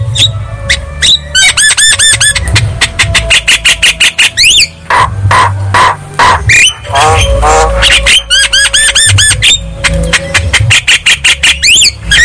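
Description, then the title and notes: Javan myna pouring out a dense, varied song of harsh rasps, rapid clicking runs and stacked nasal notes, nearly continuous, with a low rumbling hum underneath. Javan myna song played as a lure to prompt mute, non-singing birds of the same kind to sing. "Pancingan Jalak Kebo Bisu. Kicau Jalak Kebo"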